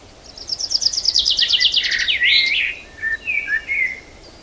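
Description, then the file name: Common chaffinch singing a rattling descending trill that ends in a flourish; afterwards, several short whistled notes. "Fringilla coelebs"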